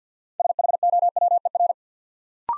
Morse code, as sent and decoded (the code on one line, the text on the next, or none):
... .... --- .-- . .-.
SHOWER